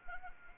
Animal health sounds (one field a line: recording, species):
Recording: mosquito wingbeat signal from an infrared sensor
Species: Anopheles arabiensis